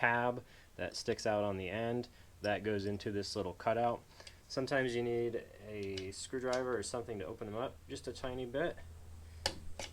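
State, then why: Seated. Someone talks while installing a small metal retaining tab on Willys jeep drum brake backing hardware, pressing its end tab into a little cutout on the backing plate; a screwdriver can be used to open the tabs up slightly. A sharp metallic click is heard at 9.5 s as the tab snaps into place. The tab is seated, and a little square on its inside keeps it from rotating.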